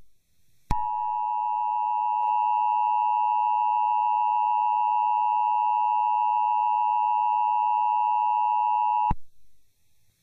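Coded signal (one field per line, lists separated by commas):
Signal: Emergency Alert System (SAME) tones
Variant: 853 and 960 Hz attention tone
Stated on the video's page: Fictional EAS scenario, a simulated alert that may contain valid EAS tones.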